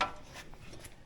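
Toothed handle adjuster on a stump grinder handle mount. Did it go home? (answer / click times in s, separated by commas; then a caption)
yes / 0.0 s. The toothed handle adjuster on a stump grinder's handle mount is moved into position, and its interlocking metal teeth lock into place with a sharp hit at 0.0 s. Fainter, quieter ticks follow at about 0.5 and 0.9 s over a low rubbing background. The handle teeth are seated.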